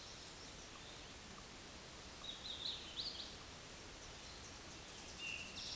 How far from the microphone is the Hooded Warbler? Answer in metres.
about 50 m